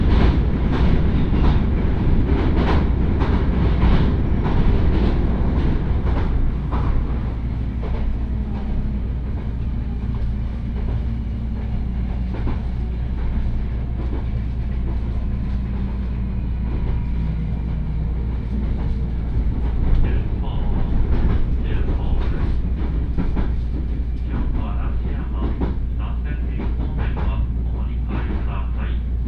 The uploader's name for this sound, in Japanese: 鉄道旅 大物→梅田→蛍池→大阪空港